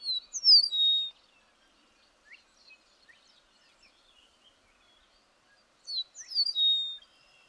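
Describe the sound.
Bird song: a loud phrase of high slurred whistles, a stretch of scattered faint chips, then the bright whistled phrase again near the end.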